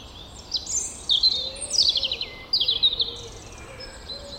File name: Erithacus rubecula